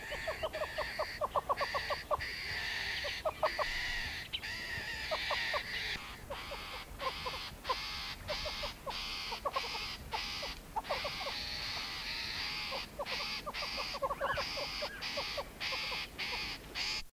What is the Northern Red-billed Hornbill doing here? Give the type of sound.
call